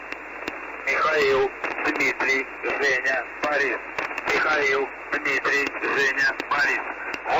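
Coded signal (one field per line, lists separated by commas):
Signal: numbers station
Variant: UVB-76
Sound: a man's voice speaking in short phrases over a noisy shortwave channel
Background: radio static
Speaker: Okay es interesantísimo el audio que acabamos Escuchar como lo dijimos es una transmisión de esta radio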